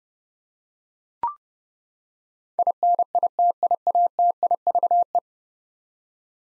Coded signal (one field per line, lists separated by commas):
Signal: Morse code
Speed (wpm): 30 wpm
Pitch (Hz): 700 Hz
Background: none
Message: INITIATIVE